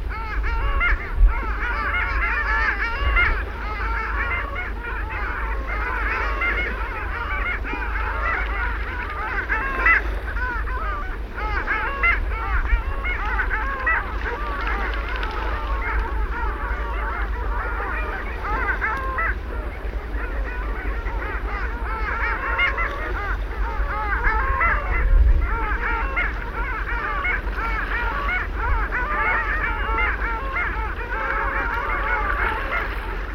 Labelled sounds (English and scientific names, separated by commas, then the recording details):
Long-tailed Duck (Clangula hyemalis) call
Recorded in the wild
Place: Dwasiden, Insel Rügen, Mecklenburg-Vorpommern, DE
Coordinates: 54.51, 13.62
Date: 1970-04-14 06:15
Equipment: Nagra III BH, Sennheiser MD 21, parabola
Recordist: Schubert, Michael